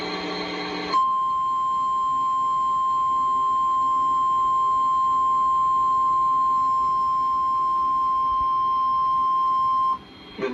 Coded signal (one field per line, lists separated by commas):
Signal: Emergency Alert System (SAME) tones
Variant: 1050 Hz attention tone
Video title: (EAS #8) (Suddenlink / Altice) WV Statewide Tornado Drill (3/22/2022)